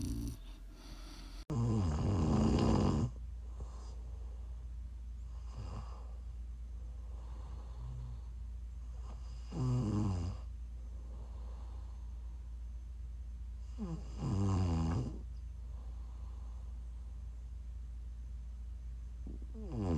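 Loud, low rattling snores from an adult sleeper recur roughly every 4 to 5 seconds, about 4 in 20 seconds, each lasting a second or more, with quieter breathing between them. This is ordinary snoring, offered as ASMR for relaxing, winding down or sleep, over a steady low background hum.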